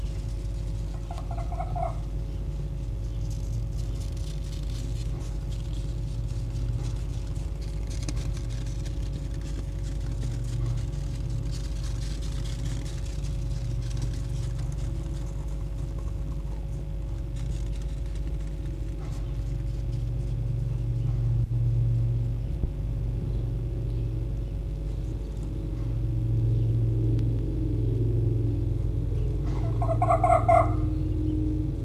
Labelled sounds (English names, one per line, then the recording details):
Red Fox
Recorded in captivity
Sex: pair
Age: adult
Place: Zoologisches Institut der HUB, Berlin, DE
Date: 1956-02-22
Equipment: Elmetra
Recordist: Tembrock, Günter